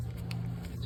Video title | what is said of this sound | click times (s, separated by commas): O2 Sensor Replacement | all right so now we're just going to go ahead and put the connections together so you hear the click | 0.3 s